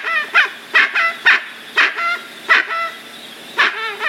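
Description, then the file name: Guan uttering several loud, nasal honking notes with clear ringing overtones, at an uneven pace. "canto do jacu"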